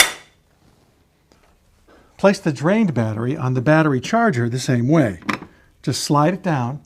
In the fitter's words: a fresh battery by sliding it along the bracket until it rests in the cradle then push it away from you until you hear it click into place